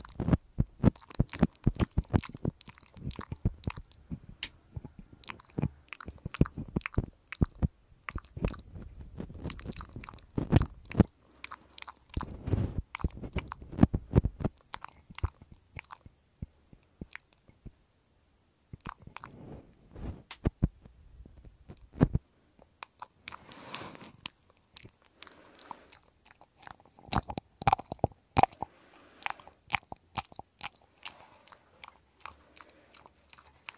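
Ear cleaning heard as a stream of sharp crackles, scrapes and soft rustles, dense and irregular through the first twenty seconds. After a brief near-silent gap around eighteen seconds, the scratching returns in sparser bursts with rougher, hissing rubs toward the end.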